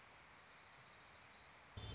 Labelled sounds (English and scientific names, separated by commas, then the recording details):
Orange-crowned Warbler (Leiothlypis celata)
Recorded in Sonoma County, California